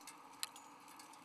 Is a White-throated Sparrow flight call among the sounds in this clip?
no